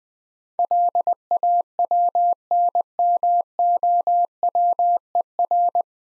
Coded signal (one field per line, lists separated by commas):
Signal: Morse code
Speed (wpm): 24 wpm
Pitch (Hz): 700 Hz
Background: none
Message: LAWNMOWER